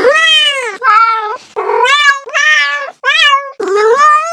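A run of six loud, drawn-out cat meows in quick succession, each a wavering, nasal cry that bends in pitch, with brief silences between them and nothing else underneath.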